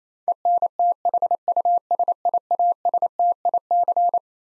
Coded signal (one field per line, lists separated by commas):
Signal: Morse code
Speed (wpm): 28 wpm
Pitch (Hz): 700 Hz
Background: none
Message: ENTHUSIASTIC